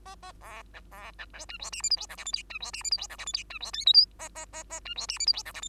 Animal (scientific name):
Lonchura striata domestica